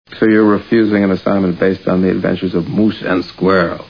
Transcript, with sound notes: "So, you're refusing an assignment based on the adventures of (russian accent) moose and squirrel."